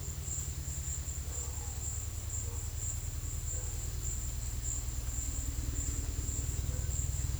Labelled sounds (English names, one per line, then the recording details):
none
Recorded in dense forest near Puerto Asís, Putumayo, Colombia, on 19 February 2024 at 15:00
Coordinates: 0.505, -76.324
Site G6467